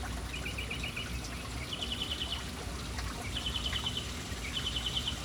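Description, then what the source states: Birds giving rapid trilled chirp series, several bursts in a row, against splashing fountain water. City birds hanging around an urban fountain.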